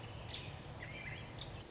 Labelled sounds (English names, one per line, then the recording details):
American Robin
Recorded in Sonoma County, California